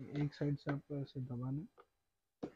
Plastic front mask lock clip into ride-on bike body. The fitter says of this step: यह लग गया और इधर भी ऐसे टाइट प्रेस करना पड़ेगा आपको लॉक की आवाज आएगी